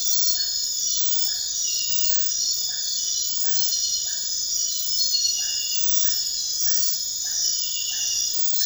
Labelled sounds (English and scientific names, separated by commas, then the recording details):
none
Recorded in dense forest near Puerto Asís, Putumayo, Colombia, on 19 February 2024 at 00:00
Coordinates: 0.500, -76.322
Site G6465